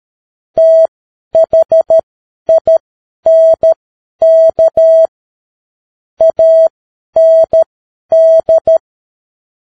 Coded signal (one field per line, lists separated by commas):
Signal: Morse code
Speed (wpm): 13 wpm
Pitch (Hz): 650 Hz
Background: none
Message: THINK AND